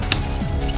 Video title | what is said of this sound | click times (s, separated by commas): Replacing A Drive On The Most Powerful 4-Axes CNC Drive on the Market: SMCU-4 | we should be in business you'll hear it click | 0.1 s